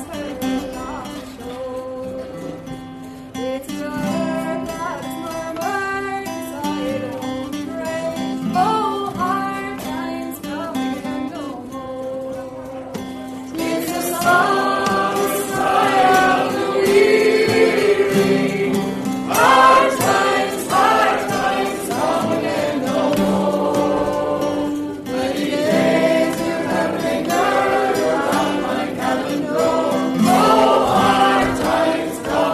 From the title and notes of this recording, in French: Kerry's bar a théme une chouette ambiance dans ce bar !